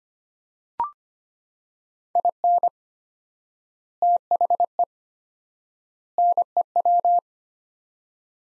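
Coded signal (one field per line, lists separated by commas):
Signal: Morse code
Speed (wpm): 25 wpm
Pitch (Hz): 700 Hz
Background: none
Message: IN THE NEW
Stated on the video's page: Morse phrase-copy practice at 25 wpm, sets of three words with 4x word spacing, similar to the Farnsworth method; words sent, spoken, then sent again.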